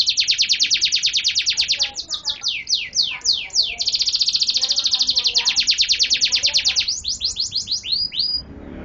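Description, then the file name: Canary song: long rapid buzzy trills alternating with quick downslurred whistled notes, high and nearly continuous throughout. Privately owned canary. "audio kenari kancil nbc omkicau"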